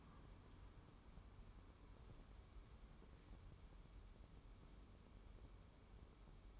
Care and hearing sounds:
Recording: daily activity, microphone in the room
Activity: wipe stove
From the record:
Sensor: 1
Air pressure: 1015.1 hPa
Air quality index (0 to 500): 72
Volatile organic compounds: 1 ppm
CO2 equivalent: 946 ppm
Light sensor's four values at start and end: 14/32/13/15 and 14/32/13/15

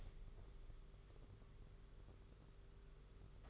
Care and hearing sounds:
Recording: daily activity, microphone in the room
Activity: open window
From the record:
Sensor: 4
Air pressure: 991.2 hPa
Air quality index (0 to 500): 153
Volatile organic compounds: 102 ppm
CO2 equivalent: 3770 ppm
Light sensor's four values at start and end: 6/13/5/6 and 6/14/5/6

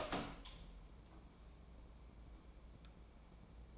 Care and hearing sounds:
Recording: daily activity, microphone in the room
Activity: open door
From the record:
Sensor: 1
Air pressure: 1012.4 hPa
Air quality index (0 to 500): 165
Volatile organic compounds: 3 ppm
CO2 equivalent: 1358 ppm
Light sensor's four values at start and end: 741/1702/765/914 and 739/1694/762/911

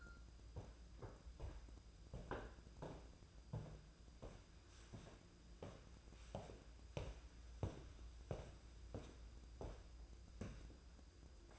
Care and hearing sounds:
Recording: daily activity, microphone in the room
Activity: walk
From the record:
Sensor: 2

